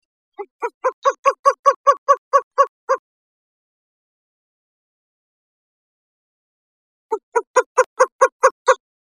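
Bird calling with a rapid series of nasal, honking notes over about two and a half seconds, then silence before a second similar series.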